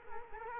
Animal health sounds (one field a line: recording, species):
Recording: mosquito wingbeat signal from an infrared sensor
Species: Culex quinquefasciatus